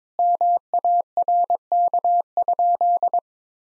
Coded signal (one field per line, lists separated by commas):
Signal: Morse code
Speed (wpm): 22 wpm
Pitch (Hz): 700 Hz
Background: none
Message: MARK?